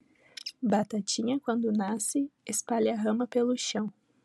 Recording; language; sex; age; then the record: short text; Brazilian Portuguese; female; 18 to 19 years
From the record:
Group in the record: control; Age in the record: 19 years